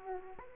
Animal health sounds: mosquito wingbeat signal from an infrared sensor; Aedes aegypti

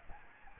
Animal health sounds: mosquito wingbeat signal from an infrared sensor; Aedes albopictus

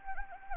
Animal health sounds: mosquito wingbeat signal from an infrared sensor; Anopheles gambiae

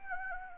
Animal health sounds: mosquito wingbeat signal from an infrared sensor; Anopheles arabiensis

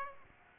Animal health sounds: mosquito wingbeat signal from an infrared sensor; Aedes aegypti

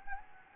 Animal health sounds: mosquito wingbeat signal from an infrared sensor; Anopheles gambiae

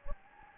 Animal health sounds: mosquito wingbeat signal from an infrared sensor; Anopheles gambiae

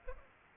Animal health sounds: mosquito wingbeat signal from an infrared sensor; Aedes aegypti

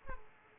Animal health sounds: mosquito wingbeat signal from an infrared sensor; Aedes aegypti

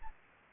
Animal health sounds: mosquito wingbeat signal from an infrared sensor; Anopheles gambiae

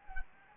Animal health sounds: mosquito wingbeat signal from an infrared sensor; Anopheles gambiae

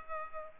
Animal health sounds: mosquito wingbeat signal from an infrared sensor; Culex pipiens

